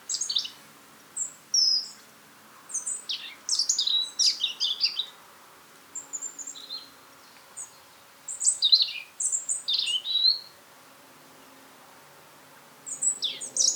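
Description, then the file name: European robin song: many short, high, tinkling and warbled phrases repeated with brief pauses throughout. "Erithacus rubecula"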